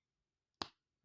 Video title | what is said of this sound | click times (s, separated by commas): Missing Link Bumblebee | You hear that slight click that tells you your crotch piece is as far as down as it's supposed to go. | 0.6 s